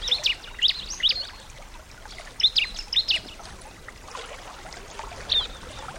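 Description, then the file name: Bar-winged prinia song: sharp, high chirps in short groups separated by pauses, over faint background noise. Nature-therapy sound for a ciblek that has stopped singing (macet). "terapi alam ciblek macet"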